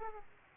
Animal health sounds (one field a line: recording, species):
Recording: mosquito wingbeat signal from an infrared sensor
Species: Aedes aegypti